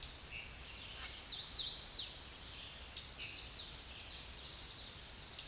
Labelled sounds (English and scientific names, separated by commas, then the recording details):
Hooded Warbler (Setophaga citrina) song
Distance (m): 65 m
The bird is about 30 m above the microphone
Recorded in a Pennsylvania forest on 16 May 2024 at 07:53
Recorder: AudioMoth, point MSD-2208
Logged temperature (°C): 15.2 °C
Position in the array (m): 116 m, 138 m